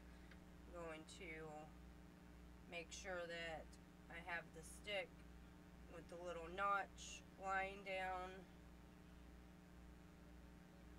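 A plastic fertility test stick is lined up, notch side down, in the stick slot of a Clearblue fertility monitor, while someone talks over a steady low background hum. The stick has not yet been pressed flat, and nothing has clicked.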